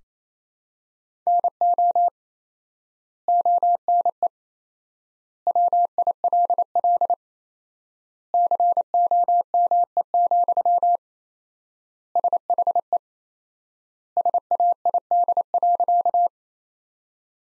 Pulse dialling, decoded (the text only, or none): none